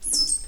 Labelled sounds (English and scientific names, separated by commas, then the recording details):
Stitchbird (Notiomystis cincta) song
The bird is a male
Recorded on Tiritiri Matangi Island, New Zealand, in 2005
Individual 11, of nest box 13